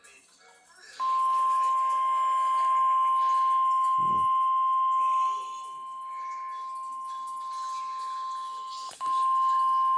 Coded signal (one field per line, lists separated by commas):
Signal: Emergency Alert System (SAME) tones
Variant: 1050 Hz attention tone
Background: speech, music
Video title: Tornado Watch #381 (EAS#10)